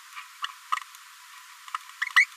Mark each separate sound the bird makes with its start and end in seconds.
0.17-0.21, 1.74-1.77, 2.15-2.26